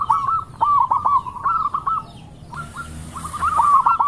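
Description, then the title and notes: Zebra dove cooing song, quick stuttering coo notes repeated in short bursts, with a high hiss joining halfway. Lure song of a vigorously singing zebra dove. "Pancingan Perkutut Durasi Panjang. Suara Burung Perkutut Gacor"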